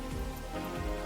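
A cleaned cast variable-nozzle ring for a BMW M47 diesel turbocharger is shaken into the machined sections of its iron turbine housing. A steady, low rattling and scraping is heard throughout. Nothing has seated or clicked yet.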